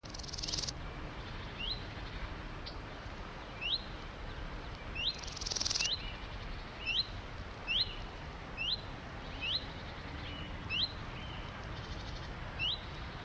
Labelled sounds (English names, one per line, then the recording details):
Common Redstart call
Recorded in the wild
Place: Summt, Brandenburg, DE
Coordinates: 52.6931, 13.3619
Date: 1989-07-22 15:26
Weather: sunny, 25°C
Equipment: Sony WM-D6C, Kopie Tesla B 116
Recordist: Tembrock, Günter